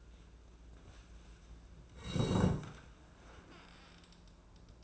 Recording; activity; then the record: daily activity, microphone in the room; sit down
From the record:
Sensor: 2